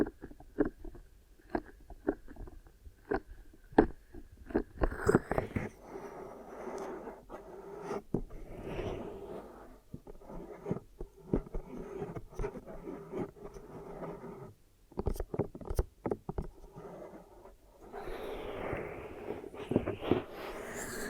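Ear massage and cleaning sounds: irregular sharp clicks and taps recur every half second or so, mixed with soft rubbing and squelching. Around five, ten and eighteen seconds the rubbing thickens into a denser muffled rustle, and sharp pops cluster near fifteen seconds.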